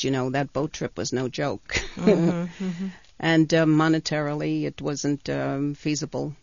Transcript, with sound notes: You know, that boat trip was no joke. (she laughs) And monetarily, it wasn't feasible